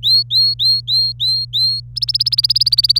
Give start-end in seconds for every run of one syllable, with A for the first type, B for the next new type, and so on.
0.03-1.80 A, 1.96-2.99 B